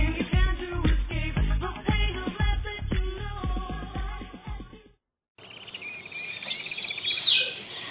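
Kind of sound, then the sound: bird, birds chirping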